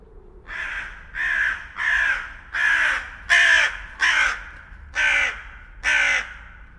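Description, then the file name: Carrion crow giving a series of eight hoarse, grating caws, roughly one every three quarters of a second. "Corvus corone"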